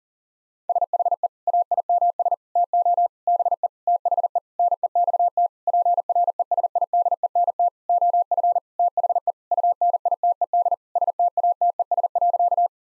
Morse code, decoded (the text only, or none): SHE AIMS TO BE THE NEXT PRESIDENT OF THE UNITED STATES.